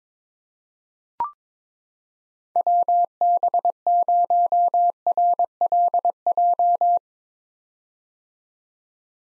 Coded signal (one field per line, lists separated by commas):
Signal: Morse code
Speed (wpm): 22 wpm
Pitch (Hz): 700 Hz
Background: none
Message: WB0RLJ